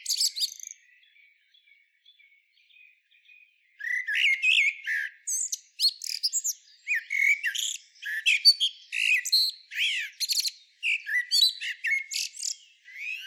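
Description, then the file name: Common blackbird song: a brief high burst, a quiet pause with faint thin notes, then from about four seconds a busy run of varied chirps, slurs and twittering phrases. "Turdus merula"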